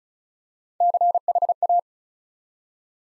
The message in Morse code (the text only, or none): CHA